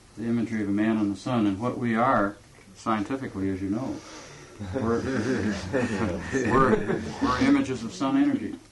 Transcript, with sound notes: the imagery of the man and the sun, and what we are, scientifically, as you know, [devotees laugh] we are images of sun energy,